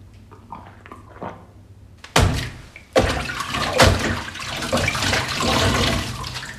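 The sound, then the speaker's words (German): A single dull, muffled gunshot, fired through a wet towel used as a silencer, thumps out of a quiet low hum, followed a moment later by a loud, sustained rush of hissing, splashing noise that continues to the end. “Sehe ich das richtig? Ein nasses Handtuch als Schalldämpfer?”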